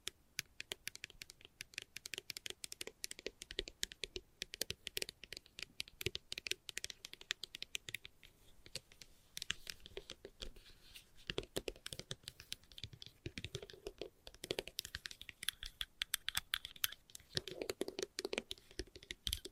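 Fast, light tapping runs through the whole clip as a dense stream of short, crisp clicks, irregular in spacing like quick typing on a keyboard. Brief pauses and clusters come and go, and a faint murmur of voices sits low underneath.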